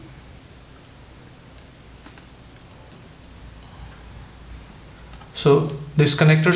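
A white Wi-Fi/Bluetooth antenna IPEX connector is lined up over the Wi-Fi card socket in a laptop before being pressed on, with only soft rustling and faint ticks heard. Near the end, someone talks. The connector has not clicked or seated yet.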